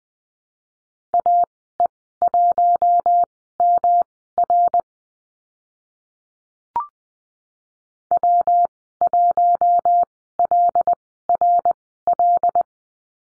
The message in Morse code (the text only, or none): AE1MR W1LRL